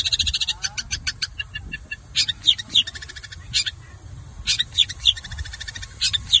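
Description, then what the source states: Long-tailed shrike song: rapid ticking notes at first, then scattered harsh bursts mixed with short, sharp whistled notes at uneven intervals. Combination song.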